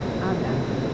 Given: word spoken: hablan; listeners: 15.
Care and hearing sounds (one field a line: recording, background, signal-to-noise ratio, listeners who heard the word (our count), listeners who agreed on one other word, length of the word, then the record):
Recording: one Spanish word in noise, from a listening test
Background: speech-shaped noise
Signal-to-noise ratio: -5.1 dB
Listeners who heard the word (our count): 1 of 15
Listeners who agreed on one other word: 9 of 15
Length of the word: 0.54 s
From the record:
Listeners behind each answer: 9, 2, 2, 1, 1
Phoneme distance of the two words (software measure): 7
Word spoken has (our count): 2 syllables, 5 phonemes, stress on syllable 1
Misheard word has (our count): 2 syllables, 4 phonemes, stress on syllable 1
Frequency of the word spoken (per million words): 30.15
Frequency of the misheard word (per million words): 108.79